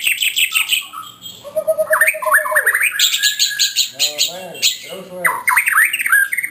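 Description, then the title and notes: White-rumped shama song: loud varied phrases mixing high chattering trills, steady whistled notes and rapid rising slurs, with some harsh squawky notes. Song of the bird, offered as a master for training caged songbirds (masteran). "Suara Kicau Burung Murai Batu. burung murai buat masteran"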